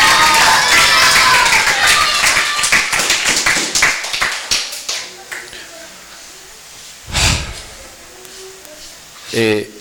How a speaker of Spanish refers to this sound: Y otro aplauso para todos ustedes que son mis amigos y mis amigas.